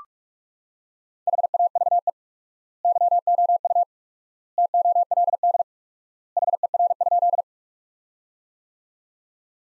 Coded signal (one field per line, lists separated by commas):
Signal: Morse code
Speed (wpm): 42 wpm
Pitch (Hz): 700 Hz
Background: none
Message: HAVE YOU TOLD HER?